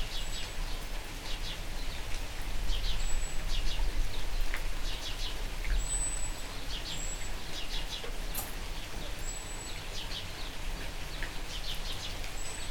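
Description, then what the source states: Birds giving quick high chirps in scattered bursts, with thin sustained high whistles now and then, over a steady hiss of rain. Birds calling during rain.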